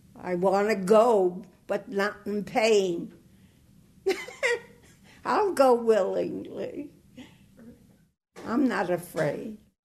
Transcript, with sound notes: I want to go, but not in pain. (LAUGHTER) I'll go willingly. I'm not afraid.